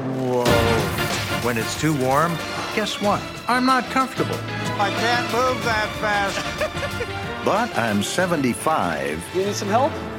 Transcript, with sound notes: When it's too warm, guess what? I'm not comfortable.
I can't move that fast.
(Laughter).
But I'm 75.
You need some help?